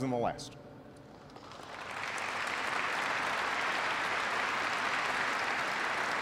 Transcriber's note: applause